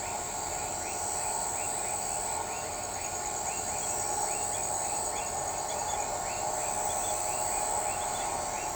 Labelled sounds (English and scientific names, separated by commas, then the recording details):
none
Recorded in shrubland near Pivijay, Magdalena, Colombia, on 16 April 2023 at 00:30
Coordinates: 10.453, -74.365
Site P5-G022